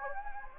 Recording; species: mosquito wingbeat signal from an infrared sensor; Anopheles gambiae